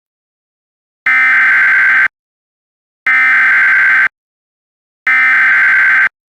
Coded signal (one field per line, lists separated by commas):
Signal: Emergency Alert System (SAME) tones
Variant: header bursts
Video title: The Weather Machine | EAS Mock #23